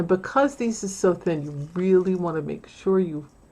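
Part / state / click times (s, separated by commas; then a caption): metal jump ring closing on a necklace chain / not seated / none. A thin metal jump ring on a sequin necklace chain is handled as it is about to be pressed closed, while someone talks throughout. Because the ring is so thin, the click is what shows it is shut, but nothing has clicked or closed yet by the end of the clip.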